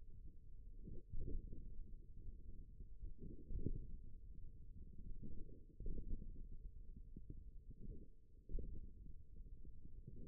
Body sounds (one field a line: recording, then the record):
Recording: forearm muscle sounds (acoustic myography)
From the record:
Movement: hand opening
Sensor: system 1, eight BSWA MPA416 microphones around the upper forearm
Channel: 3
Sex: male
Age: 41 years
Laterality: right